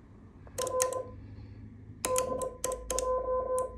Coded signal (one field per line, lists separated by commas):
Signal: Morse code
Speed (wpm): 22 wpm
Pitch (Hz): 1020 Hz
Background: none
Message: R DE J